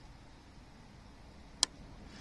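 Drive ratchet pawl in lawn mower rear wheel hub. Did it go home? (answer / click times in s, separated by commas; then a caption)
yes / 1.6 s. A drive ratchet pawl in the rear wheel hub of a Honda HRB535 lawn mower is pushed down and snaps into its engaged position. Over a quiet background, a single sharp click is heard at 1.6 seconds. The pawl clicks down and is seated, so the drive works.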